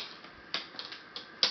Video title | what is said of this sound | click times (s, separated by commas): Laptop screen replacement / How to replace laptop screen Lenovo Y500 | and then just work your way around clicking everything back into place | 0.5 s, 0.8 s, 1.2 s, 1.4 s